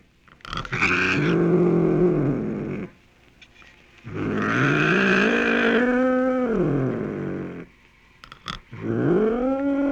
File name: mountain lion